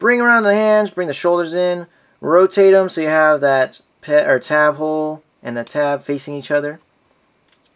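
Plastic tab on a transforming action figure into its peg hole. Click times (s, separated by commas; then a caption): 7.5 s. Someone talks while lining up the plastic tab on a transforming action figure with its matching peg hole during the figure's transformation and pushing them together. After the talking stops, a sharp click sounds at 7.5 s as the tab seats in its peg hole and connects.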